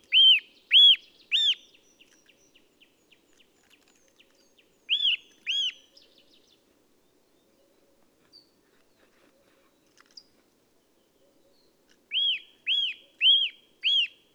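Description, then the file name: Eurasian nuthatch with bursts of loud, piping arched whistles in groups of two to four, separated by pauses; a faint, rapid, thin ticking series follows the first burst. "Sitta europaea"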